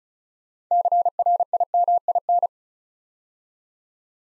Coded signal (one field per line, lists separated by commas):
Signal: Morse code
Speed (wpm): 36 wpm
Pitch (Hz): 700 Hz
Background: none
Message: CRIMIN